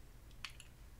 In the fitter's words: finally I attach the hook this just clicks in place when pushed down